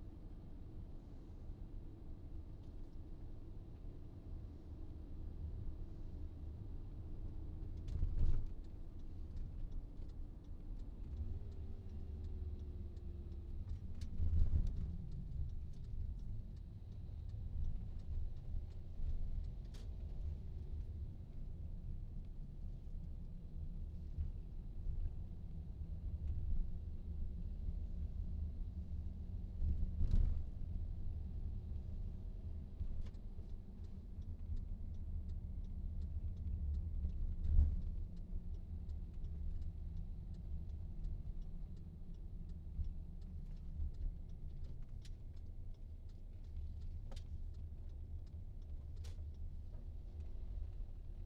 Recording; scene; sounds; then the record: everyday scene through a hearing-aid microphone; in a vehicle; engine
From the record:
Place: VW T5 Caravelle, diesel engine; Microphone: in the ear canal, right